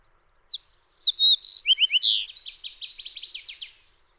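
Fox sparrow song: a few loud, slurred whistled notes open the phrase, then a quick run of buzzy, trilled notes that fades out after about three seconds.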